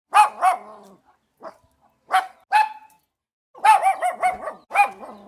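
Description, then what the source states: Dog barking angrily: sharp high-pitched barks in quick bursts, a pause, then a rapid run of yapping barks. Small dog barking angrily, recorded medium close in Cuba.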